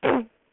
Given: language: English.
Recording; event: throat vibration sensor signal played as sound; throat clearing